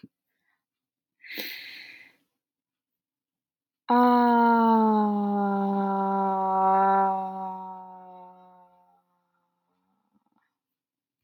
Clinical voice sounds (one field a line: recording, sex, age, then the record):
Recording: vowel held as long as possible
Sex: female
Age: 20 to 29 years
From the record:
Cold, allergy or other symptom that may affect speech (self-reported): no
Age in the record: 20 years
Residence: California, United States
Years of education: 14